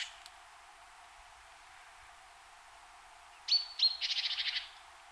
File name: Parus major